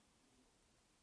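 An alternate mohawk head is being handled and pushed toward the plastic neck peg of a Marvel Legends X-Men Storm Vintage Wave action figure body. Only a faint, steady low hiss with soft handling noise is heard, with no sharp transients. Nothing has seated or clicked yet.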